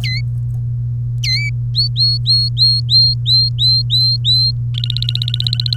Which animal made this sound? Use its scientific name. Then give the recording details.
Serinus canaria. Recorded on 3 May 2018 at 14:37. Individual llb3